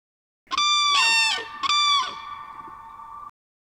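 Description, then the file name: Common crane giving a quick run of loud, rolling trumpeting notes in two bursts, followed by a fading steady tone. Played back. "Trane"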